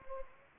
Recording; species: mosquito wingbeat signal from an infrared sensor; Anopheles gambiae